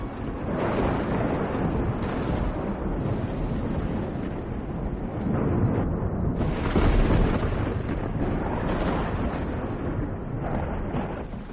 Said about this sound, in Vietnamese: Ở ngoài trời bỗng nhiên nổi lên tiếng sét đùng đùng đến đinh tai nhức óc, mà trời chẳng mưa.